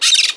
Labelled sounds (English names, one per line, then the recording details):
Brown-throated Parakeet contact call
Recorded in Margarita
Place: San Francisco, near stadium
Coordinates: 11.018, -64.294